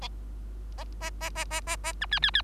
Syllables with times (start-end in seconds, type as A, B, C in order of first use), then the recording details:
0.78-0.84 A, 1.01-1.10 A, 1.20-1.30 A, 1.35-1.45 A, 1.50-1.61 A, 1.67-1.76 A, 1.83-1.93 A, 2.01-2.06 B, 2.11-2.20 C, 2.22-2.31 C, 2.34-2.42 C. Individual Bird3